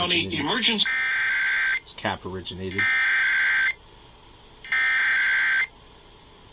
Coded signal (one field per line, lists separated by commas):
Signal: Emergency Alert System (SAME) tones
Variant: header bursts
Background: speech